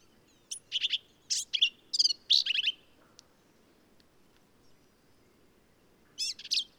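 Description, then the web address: Black-capped vireo song, a burst of scratchy, varied chattering notes in the first three seconds, then quiet, then one more short phrase near the end. "birdsongforthecurious Black-capped Vireo"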